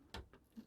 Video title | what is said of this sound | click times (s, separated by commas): iCUE 465X RGB Lighting Node and iCUE Software Quick Look | give that a little click | 0.1 s